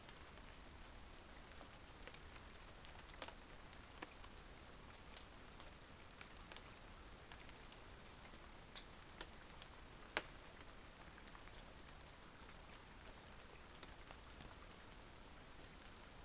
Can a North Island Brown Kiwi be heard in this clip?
no